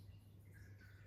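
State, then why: Not seated. The main support column of a free-standing Dyson V11 vacuum dock is being pushed into the dock base, lined up red to red. Only a low steady hum and faint handling noise are heard, with no distinct sounds, and no talk. Nothing has clicked or seated yet.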